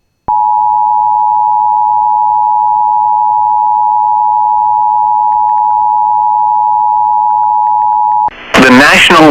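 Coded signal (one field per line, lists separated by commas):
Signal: Emergency Alert System (SAME) tones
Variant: 853 and 960 Hz attention tone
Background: speech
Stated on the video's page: Real EAS alerts for a severe thunderstorm outbreak in eastern Minnesota, the Minneapolis–St. Paul metro area and western Wisconsin.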